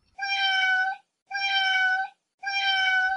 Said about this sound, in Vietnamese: Mèo con kêu trong thùng giấy.